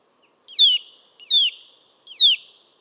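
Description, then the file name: Eurasian nuthatch calling three times, each note a clear downslurred whistle ending in a short buzzy trail. "Sitta europaea"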